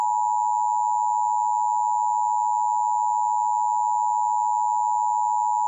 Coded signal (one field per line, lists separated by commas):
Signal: Emergency Alert System (SAME) tones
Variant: 853 and 960 Hz attention tone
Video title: EAS Scenario: Blood Night Remastered